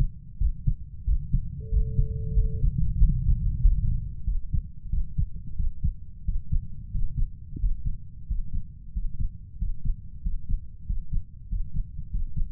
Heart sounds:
heart sounds by stethoscope; 92 bpm
0.41 s: heartbeat
1.07 s: heartbeat
1.72 s: heartbeat
2.37 s: heartbeat
3.01 s: heartbeat
3.64 s: heartbeat
4.27 s: heartbeat
4.92 s: heartbeat
5.58 s: heartbeat
6.27 s: heartbeat
6.93 s: heartbeat
7.61 s: heartbeat
8.29 s: heartbeat
8.95 s: heartbeat
9.60 s: heartbeat
10.24 s: heartbeat
10.88 s: heartbeat
11.50 s: heartbeat
12.12 s: heartbeat
From the record:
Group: healthy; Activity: rest 0-2 s, Valsalva maneuver 2-13 s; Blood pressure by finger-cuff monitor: 142/78 mmHg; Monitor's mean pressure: 98 mmHg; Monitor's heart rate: 90 bpm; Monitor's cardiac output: 7.7 L/min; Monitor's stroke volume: 82 mL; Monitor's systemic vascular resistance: 930 dyn s/cm5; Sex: male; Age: 21 years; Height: 175 cm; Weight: 72.6 kg

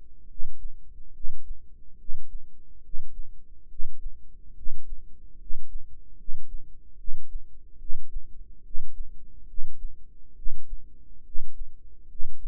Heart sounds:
heart sounds by microphone in the right ear; 71 bpm
0.27 s: heartbeat
1.12 s: heartbeat
1.96 s: heartbeat
2.81 s: heartbeat
3.67 s: heartbeat
4.54 s: heartbeat
5.37 s: heartbeat
6.15 s: heartbeat
6.96 s: heartbeat
7.77 s: heartbeat
8.62 s: heartbeat
9.46 s: heartbeat
10.34 s: heartbeat
11.23 s: heartbeat
12.07 s: heartbeat
From the record:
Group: healthy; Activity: rest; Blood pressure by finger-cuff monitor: 116/72 mmHg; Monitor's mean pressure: 85 mmHg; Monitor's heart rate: 71 bpm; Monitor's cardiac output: 6.7 L/min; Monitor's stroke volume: 93 mL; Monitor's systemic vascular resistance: 930 dyn s/cm5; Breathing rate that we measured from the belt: 20 breaths a minute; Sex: male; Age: 35 years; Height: 180 cm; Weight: 86.9 kg

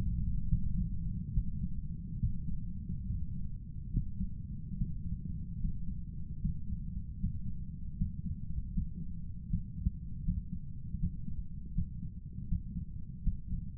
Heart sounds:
heart sounds by stethoscope; 75 bpm
0.48 s: heartbeat
1.33 s: heartbeat
2.18 s: heartbeat
3.06 s: heartbeat
3.91 s: heartbeat
4.75 s: heartbeat
5.58 s: heartbeat
6.39 s: heartbeat
7.18 s: heartbeat
7.95 s: heartbeat
8.71 s: heartbeat
9.47 s: heartbeat
10.22 s: heartbeat
10.97 s: heartbeat
11.72 s: heartbeat
12.46 s: heartbeat
13.21 s: heartbeat
From the record:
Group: healthy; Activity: Valsalva maneuver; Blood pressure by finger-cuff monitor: 89/75 mmHg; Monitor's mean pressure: 82 mmHg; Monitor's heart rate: 77 bpm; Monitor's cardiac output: 5.9 L/min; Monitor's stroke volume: 75 mL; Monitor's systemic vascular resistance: 990 dyn s/cm5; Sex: male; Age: 57 years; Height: 188 cm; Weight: 106 kg

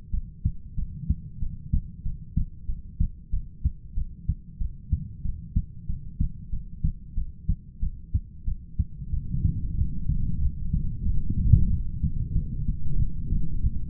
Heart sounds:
heart sounds by stethoscope; 93 bpm
0.12 s: heartbeat
0.77 s: heartbeat
1.41 s: heartbeat
2.04 s: heartbeat
2.67 s: heartbeat
3.32 s: heartbeat
3.96 s: heartbeat
4.59 s: heartbeat
5.23 s: heartbeat
5.88 s: heartbeat
6.51 s: heartbeat
7.16 s: heartbeat
7.81 s: heartbeat
8.46 s: heartbeat
9.11 s: heartbeat
9.76 s: heartbeat
10.40 s: heartbeat
11.04 s: heartbeat
11.69 s: heartbeat
12.34 s: heartbeat
12.98 s: heartbeat
13.62 s: heartbeat
From the record:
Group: heart failure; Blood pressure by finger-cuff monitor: 100/62 mmHg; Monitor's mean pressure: 75 mmHg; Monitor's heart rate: 93 bpm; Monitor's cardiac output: 7.8 L/min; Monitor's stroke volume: 84 mL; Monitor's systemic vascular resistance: 680 dyn s/cm5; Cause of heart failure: ischemic heart disease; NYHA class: 1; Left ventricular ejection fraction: 38%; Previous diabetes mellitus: present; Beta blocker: bisoprolol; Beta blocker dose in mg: 15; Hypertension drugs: sacubitril-valsartan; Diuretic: furosemide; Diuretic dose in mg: 20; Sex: male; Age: 33 years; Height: 172 cm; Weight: 78.5 kg

